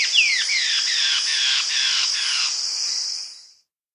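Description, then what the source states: White-breasted antbird song: a few falling whistles run into a fast series of slurred notes over a shrill insect buzz, all fading out near the end. South America.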